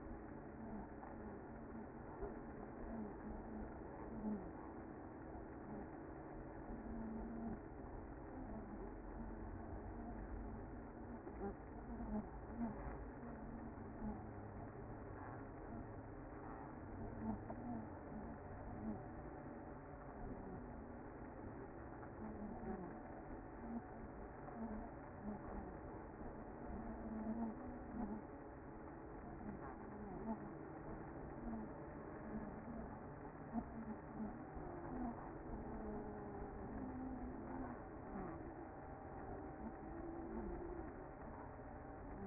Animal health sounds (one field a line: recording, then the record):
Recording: honeybee colony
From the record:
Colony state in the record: active